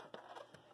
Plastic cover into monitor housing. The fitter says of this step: certifique-se que ela tá toda no nível aqui encaixou direitinho e